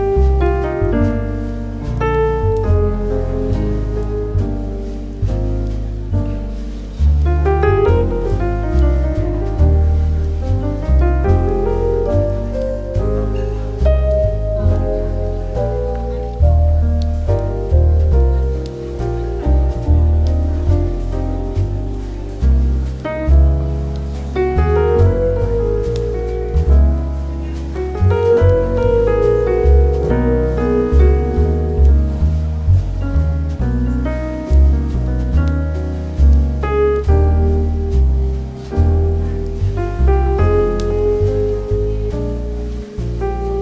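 Smooth jazz plays steadily throughout, with a warm walking bass line underneath and a gliding melody line weaving through the middle register. Light, regular percussion ticks keep time, and the level stays even from start to finish.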